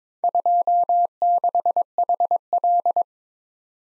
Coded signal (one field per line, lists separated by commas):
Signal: Morse code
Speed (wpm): 24 wpm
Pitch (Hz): 700 Hz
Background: none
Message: 26HL